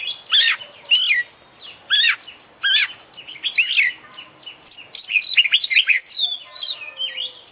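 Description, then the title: Oriental magpie-robin song, a rich run of loud whistled and harsh notes, varied phrases tumbling one after another almost without pause. Competition bird described as an international champion, singing a full, complete set of fill-in phrases (isian). "KICAU KACER JUARA INTERNASIONAL FULL ISIAN KOMPLIT DURASI PANJANG"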